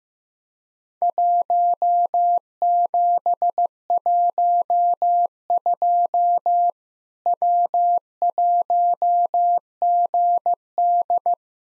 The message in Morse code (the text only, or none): 1712 W1GD